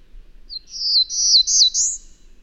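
Bird singing a single high, rapid twittering phrase of about one and a half seconds, with jumbled sweeping notes in a quiet setting.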